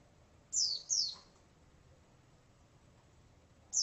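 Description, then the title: White-eye calls: two very high, thin down-slurred notes in quick succession, a pause, then the start of another note. "Pleci"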